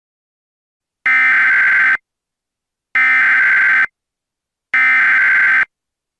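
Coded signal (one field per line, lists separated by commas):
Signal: Emergency Alert System (SAME) tones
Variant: header bursts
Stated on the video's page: Fictional alert scenario using valid tones.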